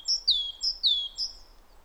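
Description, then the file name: Great tit song: repeated two-note phrases, each a high note followed by a lower note that slides down, the last phrase fading. "Parus major"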